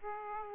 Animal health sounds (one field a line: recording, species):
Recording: mosquito wingbeat signal from an infrared sensor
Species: Aedes aegypti